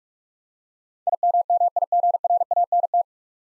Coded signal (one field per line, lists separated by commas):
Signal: Morse code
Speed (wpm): 43 wpm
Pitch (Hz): 700 Hz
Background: none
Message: IMMIGRANT